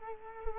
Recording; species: mosquito wingbeat signal from an infrared sensor; Culex quinquefasciatus